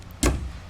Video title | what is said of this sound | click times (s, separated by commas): Wiper Blade Replacement for Land Rover Discovery I | and you'll hear it click. | 0.2 s